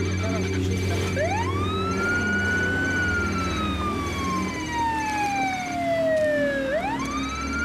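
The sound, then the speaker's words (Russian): A police car siren wails in long, slow sweeps, climbing sharply, then gliding down for several seconds before rising again, loud over a steady low engine rumble, from a police car with flashing lights at the roadside. “Рядом у обочины милиция с мигалками и ветки с деревьями.”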